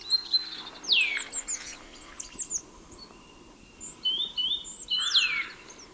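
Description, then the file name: Eurasian nuthatch giving two sharp, falling whistled calls, one near the start and one near the end, amid many high chirps. "Sitta europaea"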